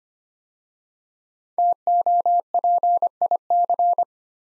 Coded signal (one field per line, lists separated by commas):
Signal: Morse code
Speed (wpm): 25 wpm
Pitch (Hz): 700 Hz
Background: none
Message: TOPIC